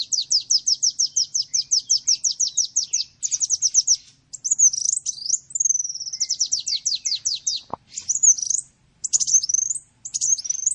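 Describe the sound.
Bird song, rapid repeated high downslurred notes in long runs, interspersed with twisting whistled phrases and a sharp click partway through.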